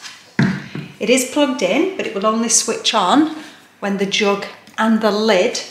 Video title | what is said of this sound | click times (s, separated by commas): Lidl Soup Maker and Blender - Keeps giving mixed results! | that also just locks into place | 0.4 s